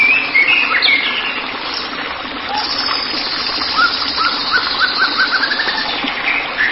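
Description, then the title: White-rumped shama singing: rising and falling whistles, then a fast series of short repeated notes, over steady background noise. "Kicau Murai Batu"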